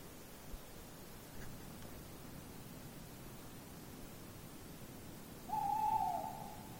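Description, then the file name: Tawny owl producing one hoot near the end after several seconds of steady low background hiss. "lehtopollo"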